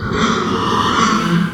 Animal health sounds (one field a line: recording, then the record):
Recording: squeal of a Yucatan mini pig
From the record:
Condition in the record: after surgery on the right vocal fold (resection and tissue-engineered implant)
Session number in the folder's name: 15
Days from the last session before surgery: 175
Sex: female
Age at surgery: 19 weeks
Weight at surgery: 25 kg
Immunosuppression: prednisolone